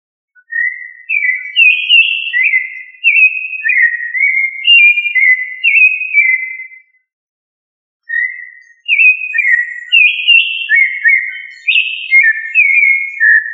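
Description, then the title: Thrush song: clear whistled phrases of short rising and falling notes, one phrase of about six seconds, a pause, then a second similar phrase. "Familia Turdidae - Sabia"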